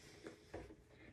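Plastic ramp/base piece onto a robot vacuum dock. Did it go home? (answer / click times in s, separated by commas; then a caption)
no / none. A plastic ramp/base piece is pressed onto the side of an iHome Luna Pro robot vacuum's self-emptying dock, giving soft plastic knocks near 0.3 s and 0.6 s and a sharper knock at 1.2 s. The part fails to click on, and nothing has seated or clicked yet.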